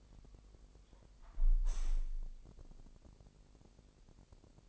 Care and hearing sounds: daily activity, microphone in the room; close window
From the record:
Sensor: 5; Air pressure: 1000.3 hPa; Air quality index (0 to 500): 249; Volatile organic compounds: 35 ppm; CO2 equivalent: 3064 ppm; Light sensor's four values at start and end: 34/79/31/30 and 34/79/31/30

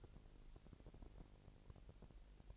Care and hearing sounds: daily activity, microphone in the room; take from stove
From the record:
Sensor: 5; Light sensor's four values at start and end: 22/48/21/23 and 22/48/21/23

